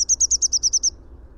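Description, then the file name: Eurasian blue tit call: eight crisp high notes in quick, even succession, gently dropping in pitch, then silence. "Cyanistes caeruleus"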